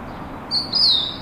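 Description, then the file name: Crested lark song: a short, high whistled phrase that slides and slurs downward, heard over a steady low background hiss. "Cappellaccia"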